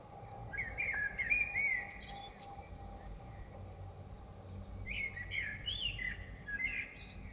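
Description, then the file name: Common blackbird singing a melodious warbled phrase with a high scratchy ending, a pause, then another fluted phrase with twittery notes, over low rumbling background noise. Recorded in Dresden. "DRESDE Merle"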